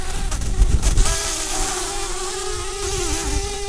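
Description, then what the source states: Common carder bee buzzing, a low steady drone with a tone that wavers in pitch, over broad rumbling noise. Queens.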